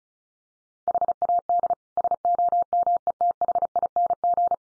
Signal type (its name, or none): Morse code